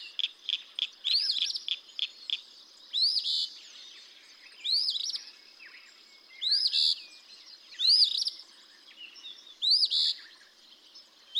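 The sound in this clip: Eastern phoebe singing a raspy two-note fee-bee phrase again and again, roughly every one and a half to two seconds, with a faint quiet background.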